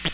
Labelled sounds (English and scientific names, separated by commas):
Hooded Warbler (Setophaga citrina) flight call